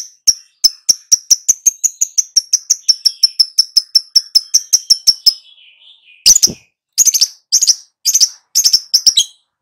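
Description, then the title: Lovebird trill: a long run of crisp high ticks, about four per second, gives way to a string of harsh screechy notes. Prompting recording meant to get a lovebird to answer and sing loudly and continuously. "Pancingan Lovebird Agar Nyaut GACOR"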